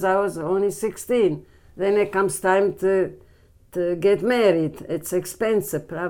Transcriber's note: none